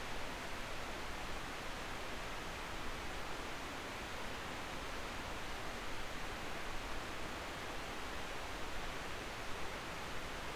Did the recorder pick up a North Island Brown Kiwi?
no